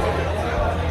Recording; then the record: background sound without coughing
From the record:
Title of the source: CITY SOUNDS Busy Bar in the Evening Night - 2 HOURS of Ambiance for Relaxation